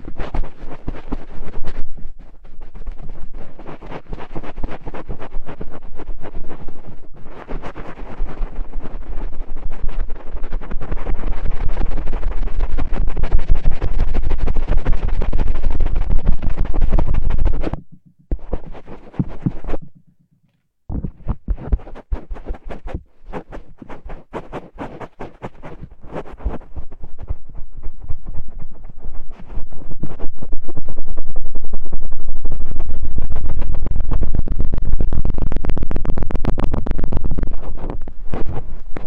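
A cotton swab scrubs inside an ear in dense, rough scratching and rustling, heavy in the low end with crackly bursts. The rubbing stops briefly near the 18-second mark and goes quiet until about 21 seconds, then resumes and grows louder and fuller toward the end.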